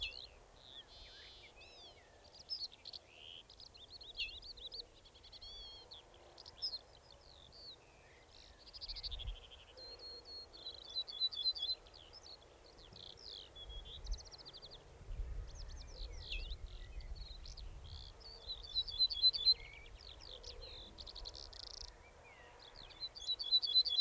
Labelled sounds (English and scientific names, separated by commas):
Ortolan Bunting (Emberiza hortulana)